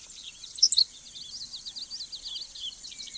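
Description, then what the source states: Henslow's Sparrow: a quick, hiccuping high 'silik' early on, over a steady high hiss. Lone male perched in a vast tall-grass prairie, on an August morning.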